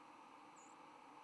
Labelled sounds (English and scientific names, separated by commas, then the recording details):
White-throated Sparrow (Zonotrichia albicollis) flight call
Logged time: 08:28 on 10 November 2014